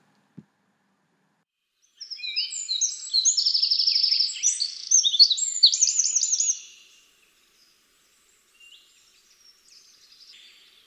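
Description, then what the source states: Wren song, a shrill high outpouring of rapid twittering notes and fast trills lasting about five seconds, then faint bird notes afterwards. Woodland bird; one of Britain's smallest yet loudest birds; shrill song about five seconds long, usually ending in a trill; often heard before seen.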